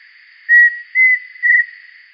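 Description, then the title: Pheasant cuckoo whistling a three-note phrase, the middle note slightly higher, against a constant faint hiss. "LuckyPassaro Completos2Sama. Pheasant Cuckoo (Dromococcyx phasianellus)"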